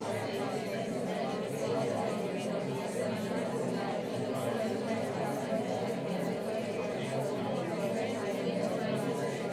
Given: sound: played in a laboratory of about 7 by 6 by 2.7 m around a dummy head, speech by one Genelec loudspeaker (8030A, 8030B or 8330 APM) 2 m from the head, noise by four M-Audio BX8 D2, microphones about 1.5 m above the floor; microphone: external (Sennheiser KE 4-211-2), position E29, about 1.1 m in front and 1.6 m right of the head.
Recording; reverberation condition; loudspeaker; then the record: babble noise; low; four, about 170 cm from the corners of the room and facing them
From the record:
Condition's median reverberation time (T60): about 310 ms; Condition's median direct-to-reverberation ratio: about 3.5 dB